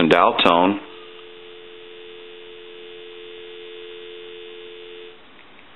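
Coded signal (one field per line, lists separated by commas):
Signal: telephone call progress tone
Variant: North America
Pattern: dial tone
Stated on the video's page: Call progress tone on a Takara French style rotary desk telephone under checkout and repair.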